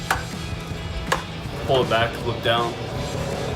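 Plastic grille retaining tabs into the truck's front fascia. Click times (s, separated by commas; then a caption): 0.1 s, 1.1 s. With its tabs lined up, the front grille of a 2011-2016 Super Duty truck, done during a Raxiom CXR headlight install, is pushed in at the bottom so its plastic retaining tabs go into the truck's front fascia. Two sharp clicks at 0.1 s and 1.1 s are the plastic retaining clips snapping in. Then someone talks, and the grille is seated.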